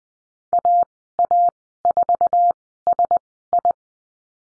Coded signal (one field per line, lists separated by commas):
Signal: Morse code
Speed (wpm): 20 wpm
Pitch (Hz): 700 Hz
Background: none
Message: AA4SI